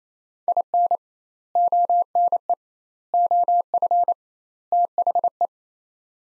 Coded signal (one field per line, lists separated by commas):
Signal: Morse code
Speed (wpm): 28 wpm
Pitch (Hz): 700 Hz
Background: none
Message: IN ONE OF THE